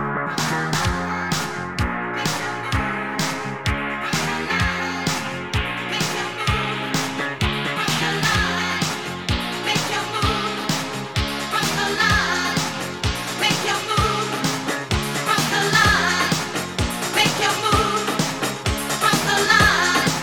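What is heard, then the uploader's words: Dance music plays at the bumper cars, loud and steady throughout, with a thumping kick drum on a fast, regular beat. A pulsing bass line and sharp bright hi-hats fill out the dense mix, which never drops or changes pace. Os carrinhos de choque das festas do senhô. Bumper cars always have a particular soundtrack, always revolving around dance music.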